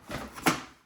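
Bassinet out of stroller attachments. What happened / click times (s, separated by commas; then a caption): The part pulled free of its plastic latches / 0.5 s. A Thule Urban Glide 3 bassinet is grabbed on both sides and pulled up out of its plastic attachment latches on the stroller, with soft rustling before a single knock-like release sound at 0.5 s. The bassinet comes free and lifts off its attachments.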